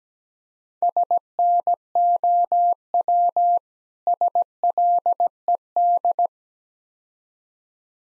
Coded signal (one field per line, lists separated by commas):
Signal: Morse code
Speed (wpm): 18 wpm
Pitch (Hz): 700 Hz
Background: none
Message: SNOW SLED